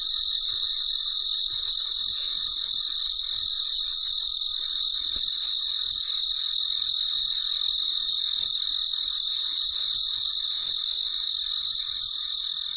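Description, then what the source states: Repeated high cricket chirps at an even pace of nearly three a second, accompanied by a continuous shrill insect background. Recorded late at night in very quiet surroundings.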